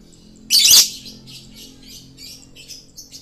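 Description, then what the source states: Lovebird chirping: one loud harsh screech, then a string of soft, high twittering notes. Male lovebird; Indonesian 'gacor' meaning it sings continuously and energetically.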